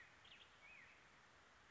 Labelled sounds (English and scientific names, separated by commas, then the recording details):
Black-headed Grosbeak (Pheucticus melanocephalus)
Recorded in Sonoma County, California